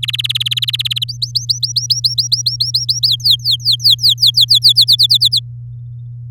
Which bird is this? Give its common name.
Domestic Canary